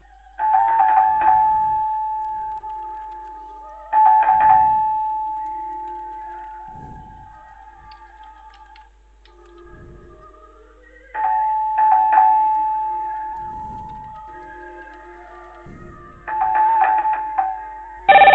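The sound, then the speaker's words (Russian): A telephone rings with loud, warbling electronic bursts that repeat every few seconds, while a steady mid-pitched tone lingers between the rings. No one speaks. “Звонят. Сейчас, секунду.”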